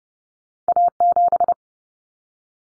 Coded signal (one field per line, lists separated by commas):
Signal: Morse code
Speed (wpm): 30 wpm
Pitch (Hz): 700 Hz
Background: none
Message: A7